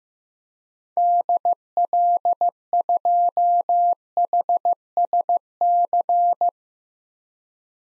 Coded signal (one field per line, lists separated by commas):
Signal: Morse code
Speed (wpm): 15 wpm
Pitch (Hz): 700 Hz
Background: none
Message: DL2HSC